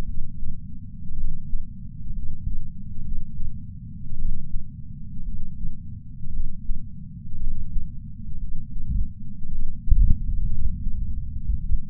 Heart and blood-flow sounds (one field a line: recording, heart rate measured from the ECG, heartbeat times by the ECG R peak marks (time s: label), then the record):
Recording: heart sounds by patch sensor on the chest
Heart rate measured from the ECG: 57 bpm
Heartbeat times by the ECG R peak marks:
0.03 s: heartbeat
1.13 s: heartbeat
2.12 s: heartbeat
3.00 s: heartbeat
4.15 s: heartbeat
5.22 s: heartbeat
6.29 s: heartbeat
7.36 s: heartbeat
8.37 s: heartbeat
9.48 s: heartbeat
10.47 s: heartbeat
11.58 s: heartbeat
From the record:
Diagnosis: coronary artery disease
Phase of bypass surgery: postoperative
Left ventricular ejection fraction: 49.7%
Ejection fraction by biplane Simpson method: 50.5%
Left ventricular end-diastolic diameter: 55 mm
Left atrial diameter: 40 mm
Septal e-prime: 5.2 cm/s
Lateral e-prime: 9 cm/s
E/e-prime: 14.4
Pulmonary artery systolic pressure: 28 mmHg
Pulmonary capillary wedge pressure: 8 mmHg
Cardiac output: 4.15 L/min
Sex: male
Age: 73 years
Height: 165 cm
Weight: 70 kg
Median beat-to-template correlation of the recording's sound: 0.92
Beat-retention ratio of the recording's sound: 1.00